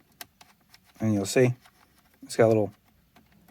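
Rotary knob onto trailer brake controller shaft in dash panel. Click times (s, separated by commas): 0.2 s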